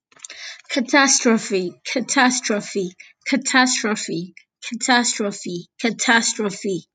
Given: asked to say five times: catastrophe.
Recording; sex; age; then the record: repeated word; female; 18 to 19 years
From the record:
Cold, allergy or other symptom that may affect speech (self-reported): no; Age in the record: 19 years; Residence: Florida, United States